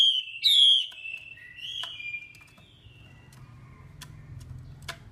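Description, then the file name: Chinese hwamei song: loud whistles, then softer sliding, warbling phrases, fading to faint notes with sharp clicks and low hum behind. Female hwamei voice used to stimulate male birds. "Tieng chim hoa mi mai kich trong"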